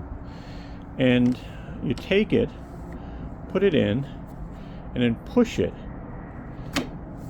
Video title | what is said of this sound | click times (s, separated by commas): Lawn Leaf Sweeper GARDENA Lawn Leaf Collector lawn sweeper | It actually locks in place, holding this basket. | 6.8 s